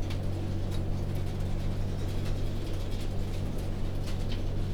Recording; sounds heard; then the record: poultry house recording; no chicken sound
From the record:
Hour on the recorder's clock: 20